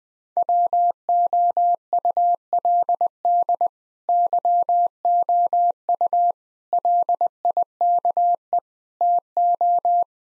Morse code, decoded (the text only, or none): WOULD YOU LIKE TO